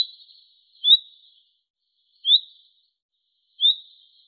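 Bird calls: three thin, quickly rising chips spaced roughly a second and a half apart, each trailing off into a soft buzz.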